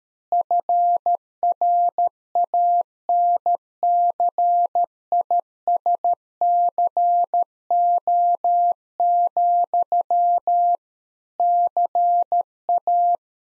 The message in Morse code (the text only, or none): FRANCISCO, CA